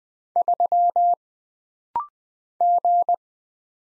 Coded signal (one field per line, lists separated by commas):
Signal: Morse code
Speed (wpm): 20 wpm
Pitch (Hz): 700 Hz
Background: none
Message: 3 G